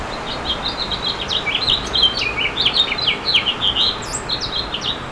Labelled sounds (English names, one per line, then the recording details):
House Finch song
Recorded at East Hampton on Long Island, New York, on 15 June 2013
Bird B